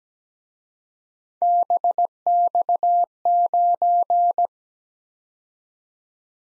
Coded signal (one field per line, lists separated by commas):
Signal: Morse code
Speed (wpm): 20 wpm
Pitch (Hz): 700 Hz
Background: none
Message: BX9